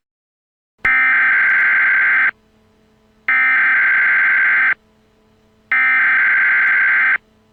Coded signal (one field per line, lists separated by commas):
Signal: Emergency Alert System (SAME) tones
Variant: header bursts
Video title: Emergency Alert System - Pint Sized Slasher